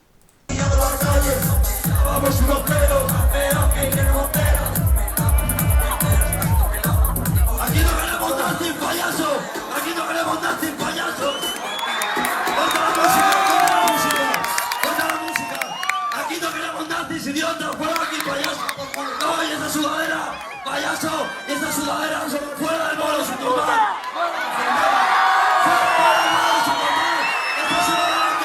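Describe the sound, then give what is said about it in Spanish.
A concert crowd in Madrid cheers, whoops and shouts, dense and loud throughout; for the first eight seconds a steady, rapid low thumping beat pounds under the noise, then the roar of voices continues alone. “en uno de sus últimos conciertos en Madrid”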